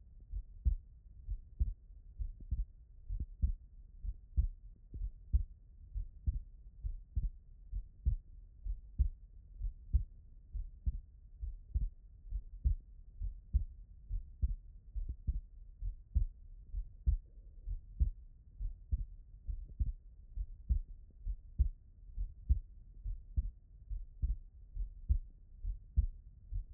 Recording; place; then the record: heart sounds by stethoscope; pulmonary valve (PV)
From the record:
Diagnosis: non-HFrEF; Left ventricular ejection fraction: 58%